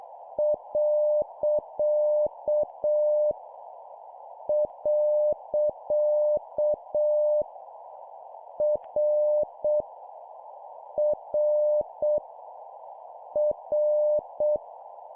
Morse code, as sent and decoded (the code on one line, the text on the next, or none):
.-.-.- / .-.-.- / .-. / .-. / .-.
. . R R R